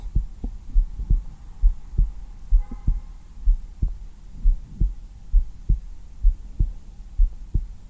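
Normal adult heartbeat, about 67 beats per minute, heard on bare skin through a black 3Dio binaural microphone, ASMR style.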